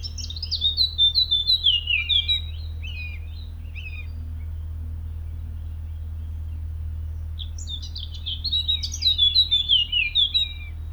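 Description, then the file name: Eurasian blackcap giving two bursts of fast, scratchy warbling, each lasting a few seconds and separated by a quiet gap, over a steady low hum. "Sylvia atricapilla"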